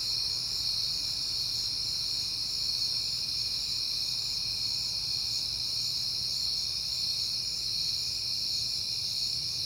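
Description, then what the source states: Crickets giving a continuous shrill trill, steady in loudness from start to end, with a faint low rumble. Crickets recorded on a peaceful night in September.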